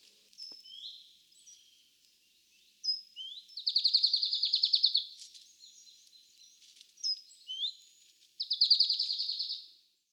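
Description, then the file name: Marsh tit calling: short high whistled notes sliding down, then rapid buzzy chattering runs, the pattern given twice. "Mesange nonnette"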